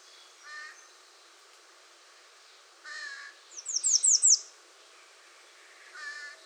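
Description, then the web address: American redstart song: five high, slurred notes in a fast phrase, with lower calls from another bird before and after. Recorded 21 June 2019. "soundrecordings 2019-06-21 American Redstart"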